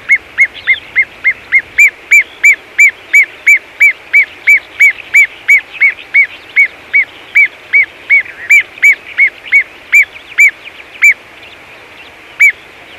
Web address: great gerbil